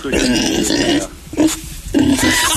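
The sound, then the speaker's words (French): A person imitates a pig with rough, snorting grunts in three bursts: a long throaty run, a short snort, then another gravelly stretch, loud and harsh. “Tu fais le rôle du porc, toi.”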